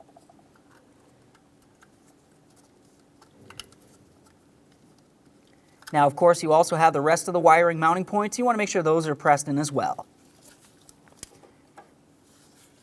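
A plastic wiring harness connector is pressed down onto the variable valve timing solenoid and sensor of a 2002-2006 Honda CR-V engine, with a sharp latch click at 3.6 s showing it has seated. Someone talks from about 6 to 10 s, and a few faint ticks follow near 10.9 to 11.8 s.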